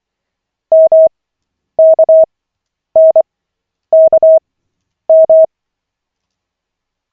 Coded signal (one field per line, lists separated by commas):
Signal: Morse code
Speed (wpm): 24 wpm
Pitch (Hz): 640 Hz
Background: none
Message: MKNKM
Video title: Koch 6/40, 27.12.2024, 1st CW practice session